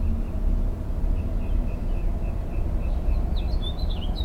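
Mockingbird repeating a short note many times in an even series, then switching to quick, higher chirping phrases, with a continuous low drone beneath.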